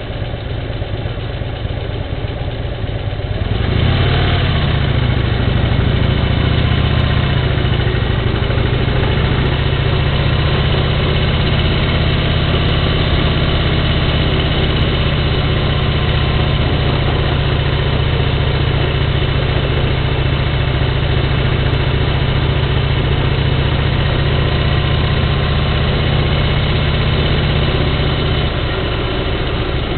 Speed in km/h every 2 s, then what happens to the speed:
0, 0, 0, 0, 1, 6, 17, 26, 24, 24, 23, 23, 22, 24, 21.
0-9 standing. 9-13 pulls away to 26. 13-30 steady at about 23.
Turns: none.